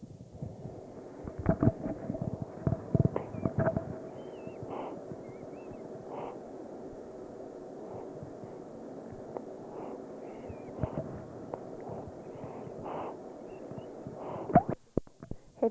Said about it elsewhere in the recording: You can hear her breathing and slurping just a little bit.